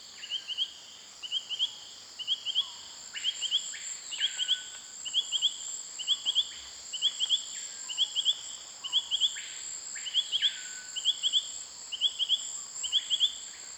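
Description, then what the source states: Brilliant-thighed poison frog calling: quick bursts of about four short rising chirps, repeated roughly once a second, over a steady high insect hum. Small, very common ground frog calling by day to defend its territory; forest understory, Saül, French Guiana, 14 November 2006; Nagra LB recorder, stereo MKH40 cardioid microphones.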